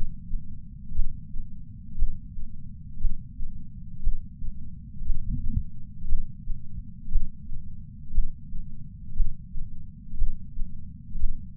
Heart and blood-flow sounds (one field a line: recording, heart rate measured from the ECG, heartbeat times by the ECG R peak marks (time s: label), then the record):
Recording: heart sounds by patch sensor on the chest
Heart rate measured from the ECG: 59 bpm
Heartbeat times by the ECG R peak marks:
0.94 s: heartbeat
1.97 s: heartbeat
2.99 s: heartbeat
4.02 s: heartbeat
5.04 s: heartbeat
6.07 s: heartbeat
7.10 s: heartbeat
8.13 s: heartbeat
9.15 s: heartbeat
10.16 s: heartbeat
11.18 s: heartbeat
From the record:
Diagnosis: coronary artery disease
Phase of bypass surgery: intraoperative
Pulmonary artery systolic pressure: 26 mmHg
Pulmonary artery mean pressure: 20 mmHg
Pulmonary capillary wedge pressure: 11 mmHg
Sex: female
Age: 69 years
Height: 148 cm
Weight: 51 kg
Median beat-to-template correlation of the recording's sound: 0.86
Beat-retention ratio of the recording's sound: 0.99